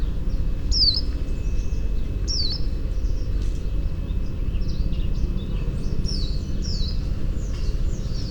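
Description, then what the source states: White-eye calls: short, sharply slurred high whistled notes, some dropping then flicking up, given in scattered bursts over a constant deep rumble of background noise. Recorded 22 May 2018 at 08:51.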